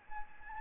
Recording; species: mosquito wingbeat signal from an infrared sensor; Anopheles gambiae